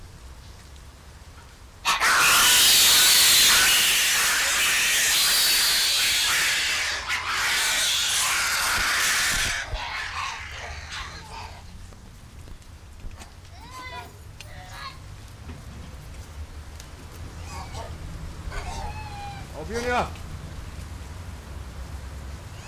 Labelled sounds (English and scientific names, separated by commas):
Gelada (Theropithecus gelada) call